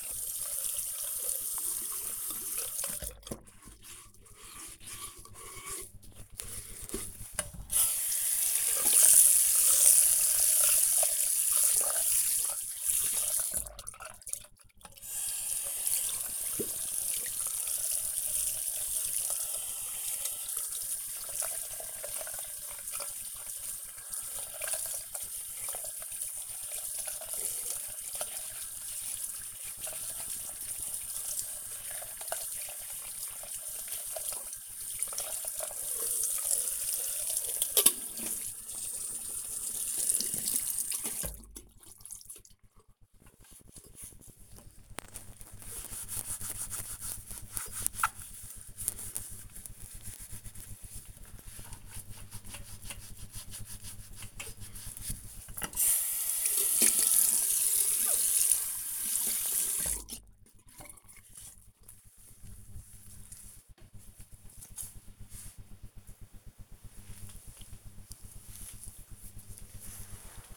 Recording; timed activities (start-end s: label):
household activities, microphone on the right wrist
0.00-64.34 s: bathroom cleaning (washbasin)